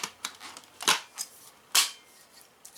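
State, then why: Seated. A dust canister is pushed into place on the handheld unit of a Greenote GSC40 3-in-1 rechargeable cordless stick vacuum. After a few light plastic taps and a sharp tick at 0.3 s, it snaps firmly into place at 0.9 s, followed by another loud plastic clack near 1.8 s. The canister is seated.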